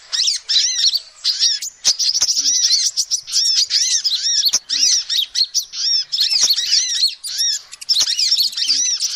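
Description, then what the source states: Lovebird chatter, continuous piercing squeaky notes, high arched notes crowded together, interrupted by brief pauses and sharp clicks. Recording used as a lure to trap birds.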